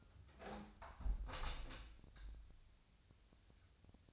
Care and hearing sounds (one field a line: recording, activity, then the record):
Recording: daily activity, microphone in the room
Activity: close window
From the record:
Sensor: 2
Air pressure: 1014.8 hPa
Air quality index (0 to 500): 34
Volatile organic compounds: 1 ppm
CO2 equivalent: 554 ppm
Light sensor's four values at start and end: 8/19/8/8 and 8/19/8/8